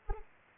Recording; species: mosquito wingbeat signal from an infrared sensor; Anopheles arabiensis